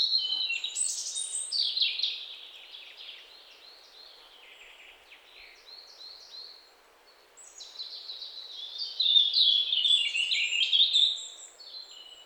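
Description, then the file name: European robin singing high, liquid, tumbling phrases, a loud warble at the start, quieter scattered notes through the middle, then another rich, fast phrase near the end. "Erithacus rubecula"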